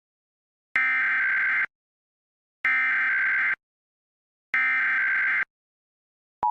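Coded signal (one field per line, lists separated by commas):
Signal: Emergency Alert System (SAME) tones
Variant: header bursts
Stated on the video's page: Alerts played back with a weather alert archive app on an iPad Air 2, including required monthly tests, a dust storm warning, a flash flood watch and a hazardous materials warning.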